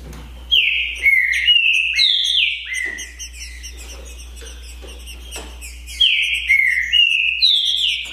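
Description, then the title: Green-winged saltator singing rich whistled phrases that step downward in pitch, two bursts separated by a quieter pause, over a steady low hum. Song contest (disputa) between trinca-ferro birds Naval and Demolidor, 2022 season; birds calling, singing and showing male display behaviour (macheando). "É UMA DISPUTA DE TRINCA FERRO PERFEITA!! NAVAL VS DEMOLIDOR 2022!"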